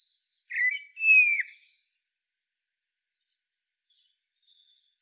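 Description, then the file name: Common blackbird giving one short whistled phrase of two notes, the second sliding downward, followed by near silence. "Turdus merula"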